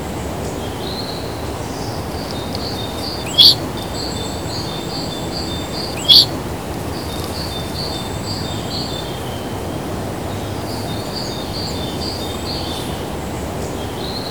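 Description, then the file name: Forest birds: soft pulsed high notes repeat steadily through steady hiss, with two sharp, bright chirps standing out a few seconds apart. Recorded outdoors in a forest. "Outside Broadcast Recordings - Forest Birds"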